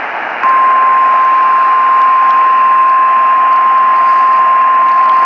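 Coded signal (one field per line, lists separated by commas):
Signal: Emergency Alert System (SAME) tones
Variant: 1050 Hz attention tone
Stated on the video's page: Real alerts, mostly flash flood warnings, plus a surprise late-night Required Weekly Test on a Grand Junction, Colorado station.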